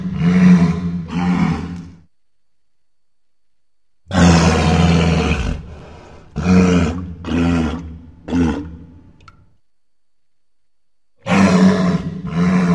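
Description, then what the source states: Walrus giving deep, harsh bellowing roars in bursts of up to two seconds, separated by silent gaps, with a longer rumbling roar in the middle. Said to be recorded in Antarctica.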